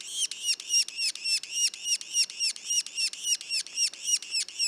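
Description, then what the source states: Yellow-bellied sapsucker calls, high harsh arched notes repeated rapidly about three to four per second in a steady series. Juveniles, recorded in Mont-Orford National Park, Quebec.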